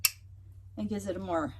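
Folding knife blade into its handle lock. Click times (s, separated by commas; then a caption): 0.1 s. A folding knife blade, its pivot just cleaned, snaps into position in its handle lock with a sharp metal snap at 0.1 seconds. The snap sounds quieter and cleaner because the dust and debris have been cleared. After a short pause, someone talks.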